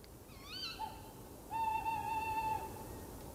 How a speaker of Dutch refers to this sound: Zo'n uil die reageert er even op.